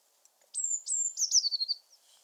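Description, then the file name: Eurasian blue tit song: two very high drawn-out notes followed by a rapid, slightly descending rattle. "Cyanistes caeruleus"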